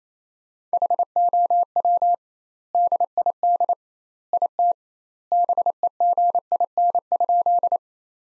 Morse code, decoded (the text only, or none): HOW DID IT BEGIN?